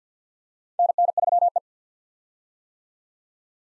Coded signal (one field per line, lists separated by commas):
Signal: Morse code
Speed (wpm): 50 wpm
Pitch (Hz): 700 Hz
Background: none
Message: NN3E